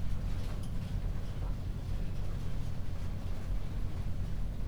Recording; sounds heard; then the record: poultry house recording; no chicken sound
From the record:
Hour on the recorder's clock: 21